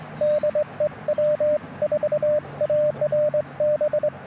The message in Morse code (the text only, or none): DE W4ARB